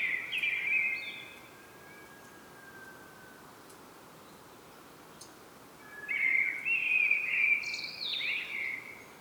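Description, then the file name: Common blackbird song: a phrase ending, a long pause, then a full rich warble that climbs into high, scratchy twittering notes. "Turdus merula"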